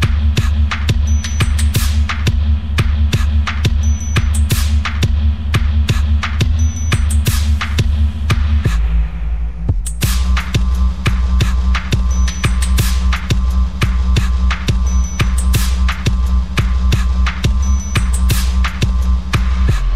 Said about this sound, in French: Il y a de la réverb là. Hein. Là, il y a de la réverb, moi je vous le dis.